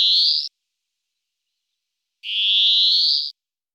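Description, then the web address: European greenfinch song: a trailing wheezy buzz at the start, then a second drawn-out nasal buzz rising slightly in pitch, with silence between. "IVN Zangvogels. Groenling"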